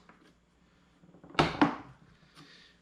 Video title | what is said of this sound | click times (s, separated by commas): BMW E46 M-Tech 2 Front Bumper Install | it'll snap into place all the way around | 1.4 s, 1.6 s